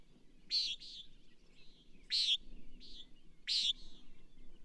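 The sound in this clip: Bird song of three high chirps, each followed by a softer trailing note, about every one and a half seconds, over steady low background noise.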